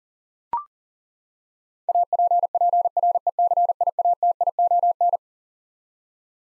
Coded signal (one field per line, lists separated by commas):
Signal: Morse code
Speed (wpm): 40 wpm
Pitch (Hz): 700 Hz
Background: none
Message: APPRECIATION